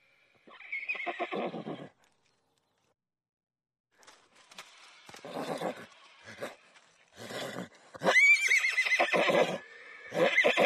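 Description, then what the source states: Horse neighing: a short shrill whinny, a two-second silence, then a series of lower calls, a loud quavering whinny near eight seconds and another at the close. Stallion; a variety of stallion cries.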